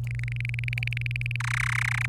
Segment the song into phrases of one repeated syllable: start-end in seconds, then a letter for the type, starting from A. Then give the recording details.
0.07-1.36 A, 1.40-2.06 B. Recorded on 27 April 2018 at 15:04. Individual llb3